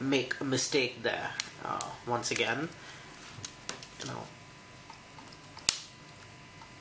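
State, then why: Seated. Someone talks as an interchangeable lens is mounted onto the Nikon D4 camera body again, with a few faint handling taps along the way. The lens locks into the body mount with a sharp, loud pop at 5.7 s, confirming it has seated.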